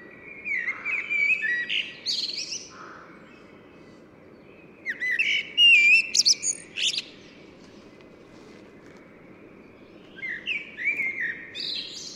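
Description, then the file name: Common blackbird song in three separated phrases: low fluting notes that break into high, scratchy squeaks, with pauses of a few seconds and steady low background noise. "Turdus merula"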